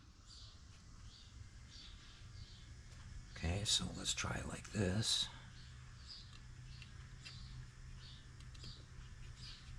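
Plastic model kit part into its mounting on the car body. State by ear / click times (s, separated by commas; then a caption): not seated / none. A plastic part of a Fanhome 1:8 scale '66 Batmobile die-cast model kit, which did not go in flush on the first try, is being handled for another attempt at a different angle into its mounting on the car body. Someone talks briefly near the middle, then faint handling ticks follow around 6.4, 6.8, 8.4 and 8.6 seconds over a low steady background hum. Nothing has seated or clicked into place yet.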